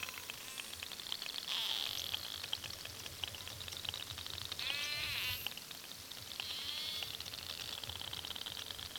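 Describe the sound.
Narwhal sounds underwater: high squeaky whistles rising and falling over rapid click trains, with a constant hiss of background noise.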